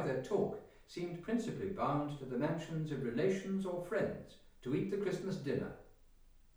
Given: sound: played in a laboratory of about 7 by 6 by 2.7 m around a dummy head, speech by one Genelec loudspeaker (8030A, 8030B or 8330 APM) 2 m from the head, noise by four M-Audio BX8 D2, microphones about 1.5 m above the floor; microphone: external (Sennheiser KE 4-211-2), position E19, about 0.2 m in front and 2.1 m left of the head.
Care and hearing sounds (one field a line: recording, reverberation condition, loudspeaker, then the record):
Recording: male speech in English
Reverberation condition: medium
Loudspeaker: 90 degrees to the right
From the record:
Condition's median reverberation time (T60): about 510 ms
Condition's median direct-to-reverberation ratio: about -0.5 dB